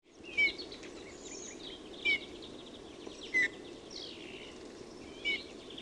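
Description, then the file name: Eurasian bullfinch piping calls, four mellow, short falling whistles over about six seconds, with faint chirps of other birds behind them. "PUNATULKKU"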